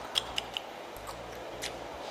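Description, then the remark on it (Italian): A few sharp tongue clicks against the teeth, imitating the clicks of a south-west African click language: three quick pops in a row followed by fainter softer clicks, over a low steady background hiss with no talking. “La cosa particolare è che si parla facendo schioccare la lingua contro i denti e quindi producendo delle specie di click.”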